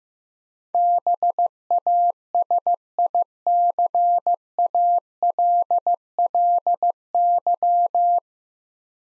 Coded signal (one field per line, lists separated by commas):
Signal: Morse code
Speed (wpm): 15 wpm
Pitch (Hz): 700 Hz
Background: none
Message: BASICALLY